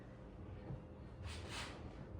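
A rear seat bottom cushion on a 2007 Toyota Camry is handled with the seat belts already fed through, before it is pushed down so its clips lock into the car floor. Only low, steady rustling and handling noise is heard, with a broad, soft swell of noise around 1.3 to 1.7 seconds. Nothing has seated or clicked yet.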